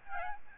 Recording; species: mosquito wingbeat signal from an infrared sensor; Aedes albopictus